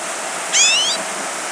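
Pine siskin call: one rising, slightly buzzy note lasting about half a second, heard against a steady background hiss.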